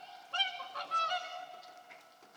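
Whooper swan calls: a few loud, nasal trumpeting honks with rich harmonics over a quiet background.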